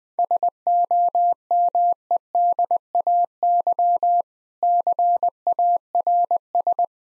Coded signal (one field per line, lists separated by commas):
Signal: Morse code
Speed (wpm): 20 wpm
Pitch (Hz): 700 Hz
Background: none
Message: SOMEDAY CARS